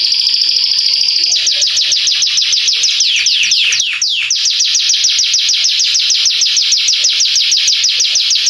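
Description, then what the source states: Canary song: a high sustained trill gives way to a rapid series of repeated downward-sweeping notes, loud and continuous throughout. Yellow Belgian canary; song.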